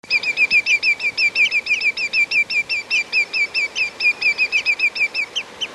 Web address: cantos pitotgrande